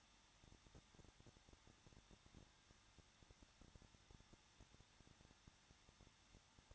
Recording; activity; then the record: daily activity, microphone in the room; no activity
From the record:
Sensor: 3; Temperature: 21.2 degrees Celsius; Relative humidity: 36.4%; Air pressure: 1006.3 hPa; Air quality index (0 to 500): 222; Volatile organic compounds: 42 ppm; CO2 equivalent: 3177 ppm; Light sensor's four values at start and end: 2/3/2/2 and 2/3/2/2